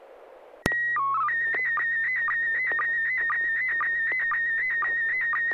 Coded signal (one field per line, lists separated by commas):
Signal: SSTV (slow-scan television)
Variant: PD 120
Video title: N6NA SSTV Net - 04/10/2024